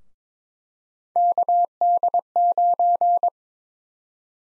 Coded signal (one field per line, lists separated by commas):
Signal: Morse code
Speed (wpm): 22 wpm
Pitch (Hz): 700 Hz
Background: none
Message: KD9